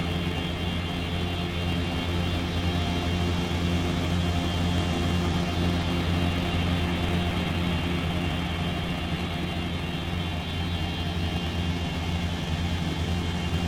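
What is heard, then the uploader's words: A drone hums steadily with a strong low buzz and layered whining tones, holding an even level throughout with a faint brighter swell midway. Drone.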